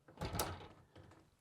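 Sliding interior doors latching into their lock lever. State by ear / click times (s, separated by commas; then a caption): seated / 0.4 s. Two sliding interior doors in a 2027 Newmar King Aire are pushed all the way to the left, rumbling and scraping along their track. A sharp latch click lands at 0.4 s as the lever locks at the top, followed by softer rattles. The doors are seated and locked so they can't move.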